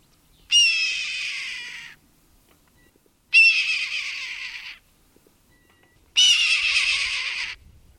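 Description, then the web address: Red-tailed hawk giving hoarse, raspy screams: three long harsh cries, each about a second and a half, slightly fading, spaced roughly three seconds apart in otherwise quiet surroundings. "Thumbs Plus Zoo Field Guide"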